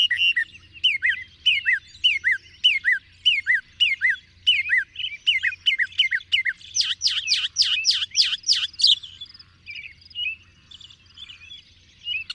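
Bird song: a series of clear downslurred whistles, followed by a rapid bright trill, then quieter scattered notes.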